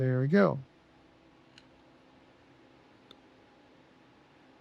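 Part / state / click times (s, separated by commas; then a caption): wrist pin circlip into piston pin boss groove / seated / 1.6 s, 3.1 s. Wire circlips are pressed into their grooves on the inside of a piston pin boss to retain the wrist pin on a Revelry 700cc kit. Someone talks briefly at the start, then two sharp, short clicks sound at 1.6 s and 3.1 s over a quiet background. Each circlip snaps into its groove and is seated.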